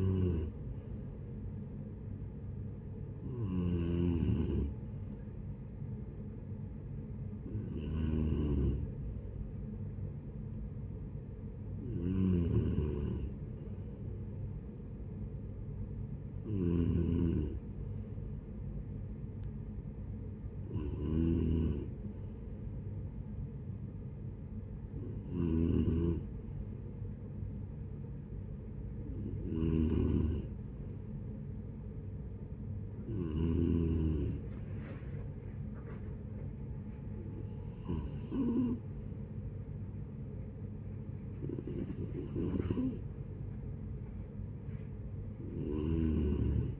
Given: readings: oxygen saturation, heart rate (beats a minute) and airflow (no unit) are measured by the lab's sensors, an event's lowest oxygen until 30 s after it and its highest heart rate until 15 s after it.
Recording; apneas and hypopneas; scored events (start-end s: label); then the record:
breathing in sleep by a smartphone at the bedside; none
8.00-46.80 s: new sleep stage, N3 (deep sleep)
From the record:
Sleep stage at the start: N2 (light sleep); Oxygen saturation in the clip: 92 to 94%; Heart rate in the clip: 63 to 76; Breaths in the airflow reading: 11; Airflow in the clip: -10.9 to 7.5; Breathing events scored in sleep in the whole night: 496 in 5.4 hours asleep